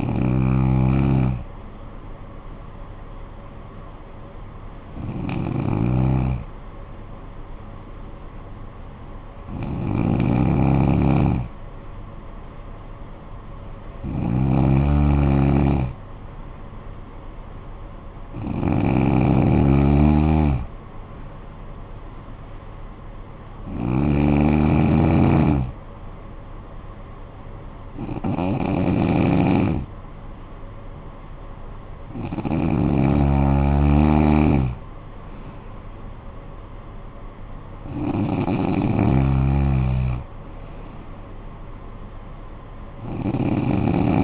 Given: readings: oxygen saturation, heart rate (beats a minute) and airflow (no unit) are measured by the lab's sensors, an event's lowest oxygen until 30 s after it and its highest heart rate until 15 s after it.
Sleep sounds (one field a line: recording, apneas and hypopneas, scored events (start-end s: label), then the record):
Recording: breathing in sleep by a smartphone at the bedside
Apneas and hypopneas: 1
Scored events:
3.00-19.50 s: hypopnea (N1, oxygen 95% highest, then 92% lowest, heart rate 62 at the start, 62 highest)
40.00-44.24 s: new sleep stage, N2 (light sleep)
From the record:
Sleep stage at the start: N1 (lightest sleep)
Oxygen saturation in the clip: 91 to 95%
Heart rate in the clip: 52 to 72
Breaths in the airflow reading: 9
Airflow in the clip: -10.2 to 7.5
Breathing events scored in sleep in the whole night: 445 in 7.6 hours asleep